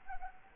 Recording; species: mosquito wingbeat signal from an infrared sensor; Anopheles arabiensis